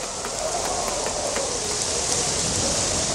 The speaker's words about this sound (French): Et protégez-vous le crâne avec l'autre bras! J'ai jamais vu des grêlons comme ça!